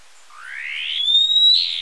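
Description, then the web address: Swallow-tailed nightjar call: a single thin note sweeping upward, then levelling into a high, steady whistled tone before dropping slightly at the end. Recorded in Ecuador. "Birds of Ecuador Swallow-tailed Nightjar"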